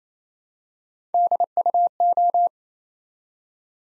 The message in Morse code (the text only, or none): DUO